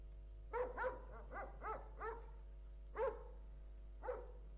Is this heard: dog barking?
yes